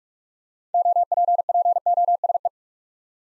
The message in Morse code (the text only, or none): OPPOSE